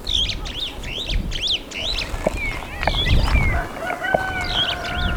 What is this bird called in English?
Superb Starling